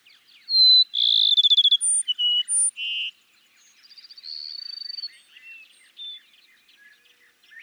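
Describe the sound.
Cassin's sparrow gives a loud whistled trill phrase ending in lower notes, then a softer second phrase, with faint chirps in the background.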